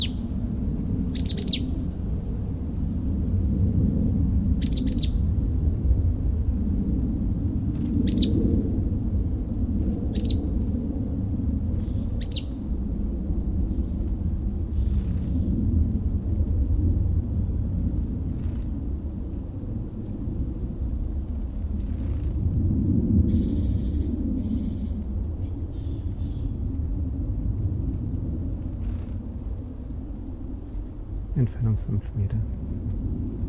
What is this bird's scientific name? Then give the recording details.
Poecile palustris. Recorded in the wild. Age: adult. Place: Goriner Forst, Barnim, Brandenburg, DE. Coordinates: 52.7019, 13.4931. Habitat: coniferous forest. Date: 2012-11-04 14:49. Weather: 10°C, cloudy, week winds. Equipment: Sound Devices 702, Sennheiser MKH 70, Rycote Windschutz. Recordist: Frommolt, Karl-Heinz